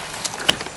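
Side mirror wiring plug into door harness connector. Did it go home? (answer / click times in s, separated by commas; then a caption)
yes / 0.5 s. A plastic electrical plug for the side mirror on a 2002 Toyota Corolla is pushed back into its harness socket inside the door. It makes one sharp snap at 0.5 s over a quiet background, with a softer tick just after. The snap means the connector is locked in place.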